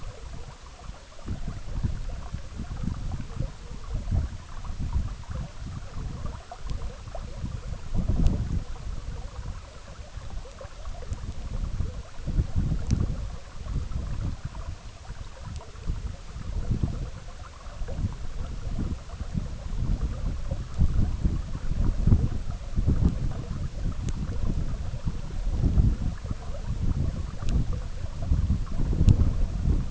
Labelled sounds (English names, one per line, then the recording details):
none
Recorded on Arctic tundra, site EABA-MC, on 17 June 2019
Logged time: 04:00